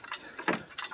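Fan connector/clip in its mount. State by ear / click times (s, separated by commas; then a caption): released / 0.5 s. A plastic retaining clip or connector on a fan assembly is worked in its mount until it snaps loose at 0.5 s, a short broadband crack. Fainter small clicks sound around it, and the part is released so it can be slid off.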